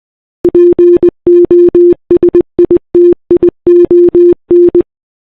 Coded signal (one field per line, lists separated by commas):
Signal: Morse code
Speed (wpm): 20 wpm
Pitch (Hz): 350 Hz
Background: none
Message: POSITION